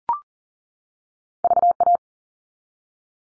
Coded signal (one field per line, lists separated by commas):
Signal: Morse code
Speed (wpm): 40 wpm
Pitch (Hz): 700 Hz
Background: none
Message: VA